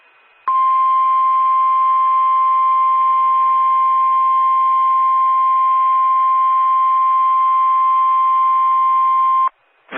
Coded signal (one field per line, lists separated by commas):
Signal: Emergency Alert System (SAME) tones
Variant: 1050 Hz attention tone